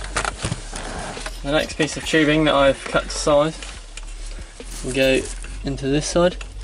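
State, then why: Not seated. A cut length of plastic misting tubing is handled and lined up to be pushed into one side of a push-fit connector on a misting pump line, a fitting that gives two clicks as the tube goes in. Someone talks throughout, with faint handling taps near 0.2, 0.3, 0.8, 4.0 and 6.6 seconds. The clip ends before the tube goes home, so nothing has seated or clicked yet.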